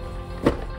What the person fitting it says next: it pops right in.